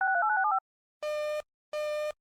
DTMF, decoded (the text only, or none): 6389675